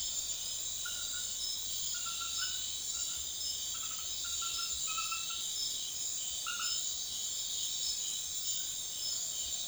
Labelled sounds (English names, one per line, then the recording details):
none
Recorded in secondary vegetation near Puerto Asís, Putumayo, Colombia, on 4 March 2025 at 03:00
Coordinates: 0.500, -76.326
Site GP04